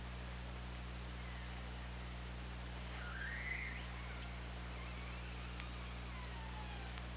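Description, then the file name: Orca call, one buzzy rising sweep in the middle followed by fainter falling tones and a couple of clicks, over continuous low hum. Recorded on the OrcaLab hydrophone on 24 August 2017 at 20:47. "Orca Lab UTLN JASON 20170824 204759"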